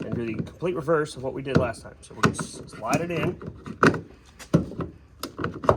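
Someone talks while a replacement exterior door handle is slid into its opening in an FJ's car door, with sharp handling knocks at about 3.8, 5.2, 5.4 and 5.7 seconds. The clip ends before the handle goes home; nothing has seated or clicked yet.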